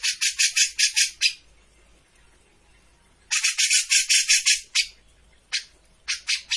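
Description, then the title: Grey-cheeked bulbul producing loud buzzy, grating chatter in three bursts separated by silent gaps. Bird-training master of a bird in full, energetic song (gacor). "Cucak Jenggot Gacor. Masteran burung cucak jenggot ! Suaka burung"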